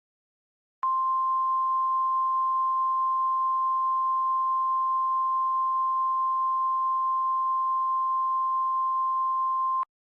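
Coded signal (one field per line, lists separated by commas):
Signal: Emergency Alert System (SAME) tones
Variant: 1050 Hz attention tone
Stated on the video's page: Fictional SCP-096 EAS scenario with valid EAS tones.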